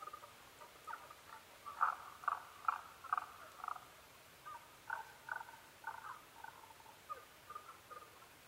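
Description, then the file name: Tago's brown frog calls: a run of about five strong croaking notes roughly half a second apart, framed by weaker, irregular notes. Recorded 15 May 2011 at 02:19. "tagogaeru-20110515-0219"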